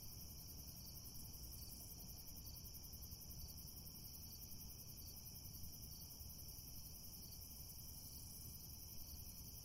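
Steady cricket chirping, rapid high pulses forming an unbroken shimmer above low background noise.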